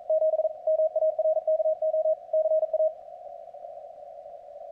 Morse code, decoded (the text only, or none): 7 MARKO CA